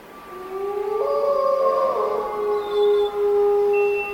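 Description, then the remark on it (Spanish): Several wolves howl together at night, down below a hill, in long, overlapping tones at different pitches, sliding upward and holding steady, with a thinner, higher howl joining partway through. No one speaks. “¡Lobos! ¡Mira allí abajo! ¡Son lobos!”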